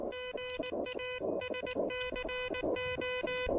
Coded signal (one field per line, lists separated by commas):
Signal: Morse code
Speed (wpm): 19 wpm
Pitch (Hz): 2500 Hz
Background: music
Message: GA SCO